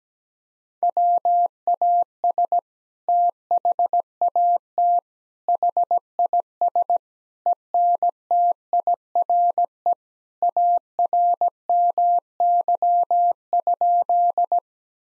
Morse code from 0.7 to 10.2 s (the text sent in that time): WAS THAT HIS ENTIRE